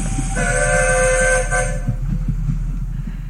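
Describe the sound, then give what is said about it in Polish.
A train horn blares a sustained, multi-tone chord for about a second and a half over the steady low rumble and rhythmic clatter of a passing train, which continues after the horn fades. “Albo do żelaznej maszyny, którą ludzie nazywają tak. Pociąg.”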